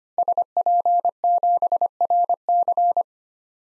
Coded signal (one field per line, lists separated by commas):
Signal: Morse code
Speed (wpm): 25 wpm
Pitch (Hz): 700 Hz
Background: none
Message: SP7RC